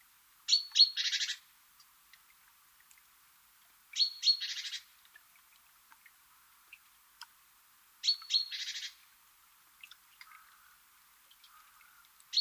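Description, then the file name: Great tit calls: thin high double notes leading into a dry, buzzy churr, repeated about every four seconds, with another call just beginning at the end. "Parus major"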